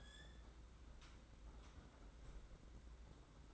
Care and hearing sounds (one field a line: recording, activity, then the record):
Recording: daily activity, microphone in the room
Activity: close fridge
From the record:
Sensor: 3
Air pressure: 991.8 hPa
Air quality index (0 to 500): 215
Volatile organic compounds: 1000 ppm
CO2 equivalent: 7355 ppm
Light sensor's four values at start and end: 32/95/38/32 and 32/94/38/32